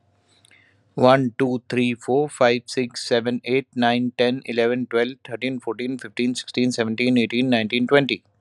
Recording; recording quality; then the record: counting at a fast pace; excellent, no background noise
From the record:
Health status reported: healthy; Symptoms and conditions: diabetes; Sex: male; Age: 36 years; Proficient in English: yes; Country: India